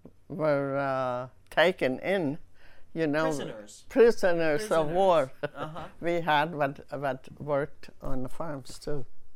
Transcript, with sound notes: were taken in, you know...
Prisoners.
Prisoners of war. (she laughs)
Uh-huh.
We had what, what worked on the farms, too.